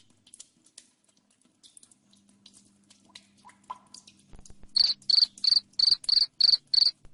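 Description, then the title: Cricket chirping, faint clicks and a low hum at first, then seven loud pulsed chirps in quick regular succession near the end. Loud cricket chirping used to make lovebirds sing continuously. "Suara JANGKRIK NGERIK Keras Bikin LOVEBIRD Jadi NGEKEK Terus Vubey"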